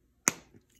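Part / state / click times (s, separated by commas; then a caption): cap onto glue stick / seated / 0.3 s. A plastic cap is pushed back onto a glue stick and snaps on with a single sharp snap at 0.3 s, followed by a faint softer tick around 0.55 s. The cap is seated, and the glue stick is good to go.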